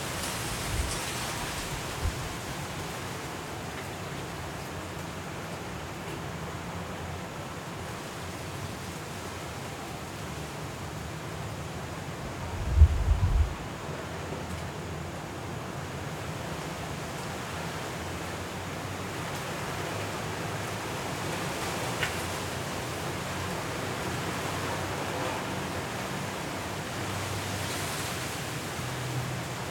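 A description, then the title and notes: Hurricane wind and rain make a steady, dense rushing wash across the whole clip, with a low rumble underneath. Gusts swell briefly near the start and again toward the end. A short burst of low thumps stands out around thirteen seconds. Hurricane Kay in Los Cabos at Midnight. The sound of the wind, rain and city.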